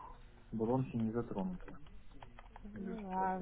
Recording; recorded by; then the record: voluntary cough; telephone call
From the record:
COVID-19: positive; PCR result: self-reported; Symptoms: yes